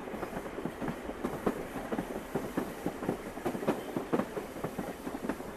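A train rolls along the rails with a steady clickety-clack, sharp rhythmic wheel knocks repeating over a continuous low rumble and hiss. No voices.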